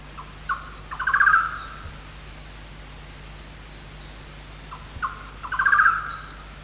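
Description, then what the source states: Golden-naped barbet calling: a couple of short notes followed by a rapid run of notes, given twice. Recorded on 1 March 2008.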